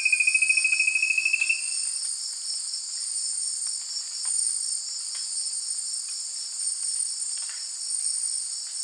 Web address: Natures Songs S America Eastern Lowlands Formicarius colma, song